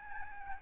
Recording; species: mosquito wingbeat signal from an infrared sensor; Aedes albopictus